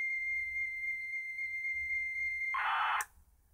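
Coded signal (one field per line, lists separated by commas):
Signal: computer data on cassette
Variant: Sharp pocket organiser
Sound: steady high lead tone for two and a half seconds, then brief harsh buzzing data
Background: low hum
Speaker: will it load the [Music] data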